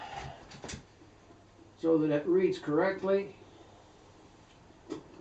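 An LED headlight bulb for a Model A Ford is turned and lined up in the headlamp socket so it sits correctly, before it is pushed home. Quiet handling sounds are heard while someone talks in the middle of the clip. The bulb has not seated or clicked yet.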